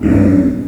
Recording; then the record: squeal of a Yucatan mini pig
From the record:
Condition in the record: after surgery on the right vocal fold (resection and tissue-engineered implant); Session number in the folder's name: 7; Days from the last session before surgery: 47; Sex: female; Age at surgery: 19 weeks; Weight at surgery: 25 kg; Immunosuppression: prednisolone